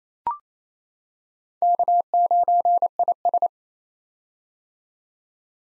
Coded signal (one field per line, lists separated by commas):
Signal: Morse code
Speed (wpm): 27 wpm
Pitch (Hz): 700 Hz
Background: none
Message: K9IS